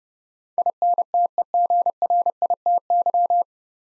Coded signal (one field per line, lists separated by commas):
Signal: Morse code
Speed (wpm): 30 wpm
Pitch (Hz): 700 Hz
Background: none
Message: INTEGRITY